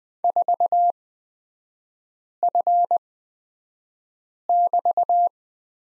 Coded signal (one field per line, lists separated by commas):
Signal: Morse code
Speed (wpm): 20 wpm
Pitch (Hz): 700 Hz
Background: none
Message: 4F<BT>